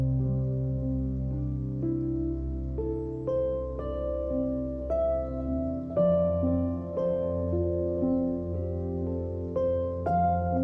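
Gentle music plays throughout, with steady held chords over a warm, low bass line. Soft melodic notes enter every second or so, and the harmony shifts at a few points, most noticeably around six seconds, while the overall level stays even.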